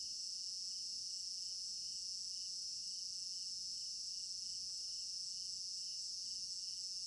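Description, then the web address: Crickets sing a steady, high, buzzy chorus with rhythmic pulses below it, and a few faint clicks in the background. Crickets in an African village garden at night; stereo binaural recording. "African-Village Garden Night Crickets Stereo-Binaural. immersive sound library"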